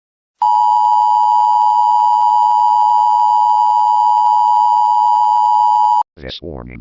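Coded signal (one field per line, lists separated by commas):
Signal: Emergency Alert System (SAME) tones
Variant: 853 and 960 Hz attention tone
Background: speech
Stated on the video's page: Fictional EAS scenario, not a real alert.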